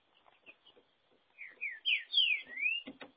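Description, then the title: Green-winged saltator song: faint high ticks lead into one loud phrase of slurred whistles falling then rising, ending with a brief knocking sound. "Trinca Ferro"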